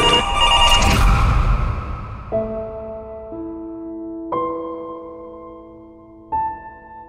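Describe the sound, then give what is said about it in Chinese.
After a brief noisy rush, a telephone rings in repeated electronic tones, three sustained chiming bursts about two seconds apart, each slowly fading, with no voices. “以下呢一个故事系关于一通打去灵异空间嘅电话，接通灵界嘅电话号码。”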